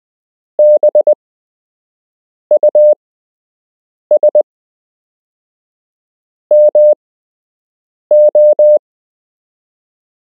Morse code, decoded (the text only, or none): BUS MO